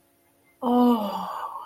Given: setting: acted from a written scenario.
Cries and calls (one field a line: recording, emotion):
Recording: vocal sound without words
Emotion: awe